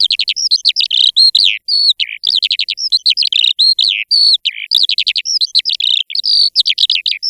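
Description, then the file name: Eurasian skylark song: a long, rapid, unbroken stream of chirps, trills and whistled notes high in pitch, pouring on without pause against a silent background. "ALLODOLA"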